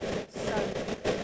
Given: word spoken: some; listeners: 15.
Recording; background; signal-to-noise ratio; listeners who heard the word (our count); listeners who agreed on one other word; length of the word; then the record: one English word in noise, from a listening test; noise modulated by three-talker babble; -7.9 dB; 0 of 15; 7 of 15; 0.84 s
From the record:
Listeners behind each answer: 7, 2, 1, 1, 1, 1, 1, 1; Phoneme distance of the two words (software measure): 10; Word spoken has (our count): 1 syllable, 3 phonemes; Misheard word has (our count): 1 syllable, 3 phonemes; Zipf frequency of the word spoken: 6.27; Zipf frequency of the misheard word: 5.01